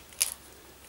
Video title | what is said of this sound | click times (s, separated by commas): How to Remove, Clean & Replace KEYS on various different PC/Laptop Keyboards | ease that into place and it should click | 0.2 s